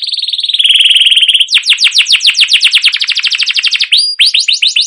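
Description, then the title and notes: Canary singing: a steady buzzy trill, then a long run of rapid downward-sweeping chirps, a short whistled note and more quick sweeps. Long continuous chirping canary song, used as a lure to get young canaries singing. "CUIT CUIT NGEROL LANGSUNG GACOR PANJANG Kenari Ini utk Pancingan KENARI PAUD BELAJAR BUNYI. burung kenari"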